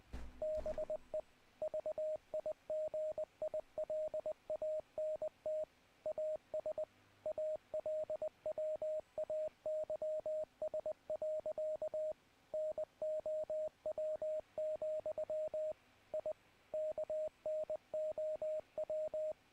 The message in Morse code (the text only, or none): BE VIGILANT AS ALWAYS. NOW, I KNOW